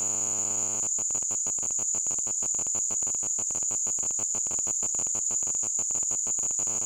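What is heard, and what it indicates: Simulated tinnitus: a steady, high-pitched tone around 7–8 kHz over a rapid, rhythmic pulsing buzz, like a chirping cricket, continuing throughout.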